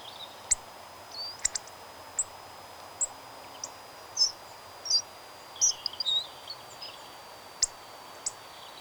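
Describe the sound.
Hawfinch uttering scattered, very high metallic ticks and brief buzzy squeaks, roughly one or two each second, against a constant hiss.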